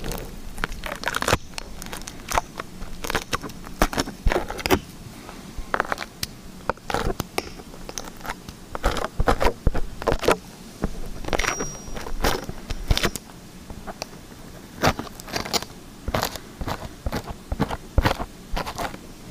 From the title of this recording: Liquid Slime ASMR